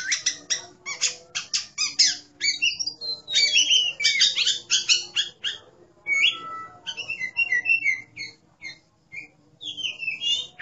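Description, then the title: Oriental magpie-robin singing a fast, continuous medley of scratchy chatters, sharp clicks and clear slurred whistles, phrases tumbling together with few breaks. "Kacer5"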